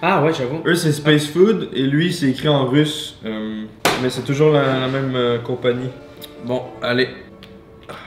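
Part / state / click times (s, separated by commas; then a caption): lid of a space food tin / released / 7.4 s. Someone talks as a lid on a space-food tin of meat is opened, and the lid pops open with a click at 7.4 seconds. The click sounds just like the one from the first tin.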